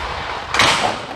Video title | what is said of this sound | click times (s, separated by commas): Naczepa Krone ProfiLiner - test, uniwersalna naczepa firanka, Multilock | zaskoczył i możemy zamknąć jeszcze | 0.5 s